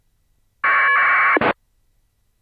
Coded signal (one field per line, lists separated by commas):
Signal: packet radio (AX.25, as in APRS)